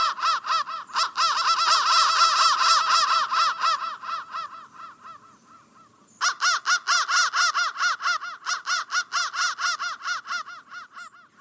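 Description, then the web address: Crow calls in a dense overlapping run of raspy caws, tailing off into a short quiet gap before a fresh series of regular caws begins. "soundfactory crow 1"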